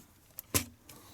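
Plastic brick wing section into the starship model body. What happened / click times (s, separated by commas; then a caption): The plastic wing section clicked into place / 0.4 s. A hinged, swooping wing section on a LEGO Star Wars U-Wing 75155 plastic brick starship model is swung around and pressed back into its connection on the model body. A small sharp click at 0.4 s marks the wing locking into place, followed by a louder, fuller thump around 0.55 s and a faint tick near 0.9 s. The wing section is seated and locked.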